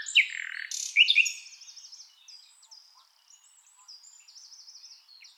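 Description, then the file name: Common nightingale song: loud rich notes at the start, then soft thin high trills and rattling phrases. "Luscinia megarhynchos"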